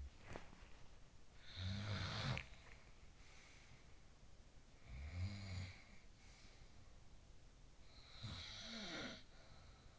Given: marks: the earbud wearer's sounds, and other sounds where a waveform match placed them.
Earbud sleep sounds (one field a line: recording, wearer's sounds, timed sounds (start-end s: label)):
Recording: sounds in sleep by an in-ear microphone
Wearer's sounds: body movement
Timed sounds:
0.00-1.65 s: body movement
1.39-4.07 s: sound from someone else or the room
4.67-7.30 s: sound from someone else or the room
7.82-9.99 s: sound from someone else or the room